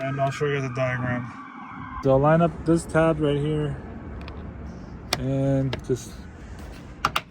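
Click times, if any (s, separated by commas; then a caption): 7.1 s, 7.2 s. Someone talks while lining up a tab on a plastic interior panel and pushing it into the car's interior trim on a 2018-2023 Honda Accord. Two sharp clicks are heard at 7.1 s and 7.2 s as the tab snaps into place, and the panel is seated.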